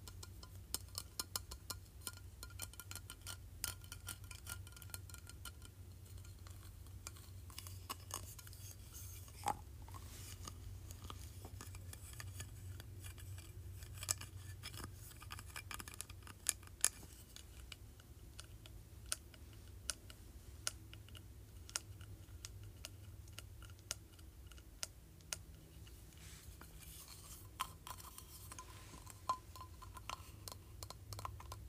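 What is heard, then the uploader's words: A plastic wand is tapped in quick, irregular clicks scattered across the whole half minute, some sharper and louder than others, with a few standouts near 10, 15 and 17 seconds. A steady low hum runs underneath throughout. ASMR Tapping Plastic Wand.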